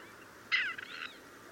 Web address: chant xeno-canto perdrix grise